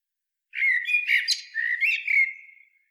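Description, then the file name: Common blackbird song: a single mellow warbled phrase of fluting notes, ending in a long drawn-out note that trails off; no other sounds. "Turdus merula"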